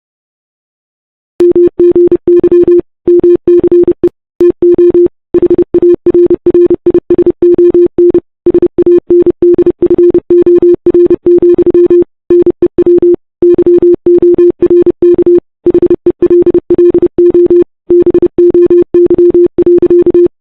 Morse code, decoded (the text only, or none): MGY MCE TO HARRISON SANDFOR, NEW YORK HELLO BOY.